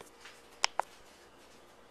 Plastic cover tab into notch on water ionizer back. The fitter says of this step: and then i snap it